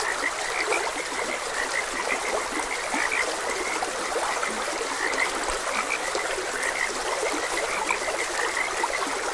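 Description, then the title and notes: Frogs croaking in a steady overlapping chorus of short repeated calls, over the constant trickle and rush of flowing water. Frogs croaking beside a gentle stream. "Gentle Stream and Frogs Croaking. Sleep and Relaxation Podcast"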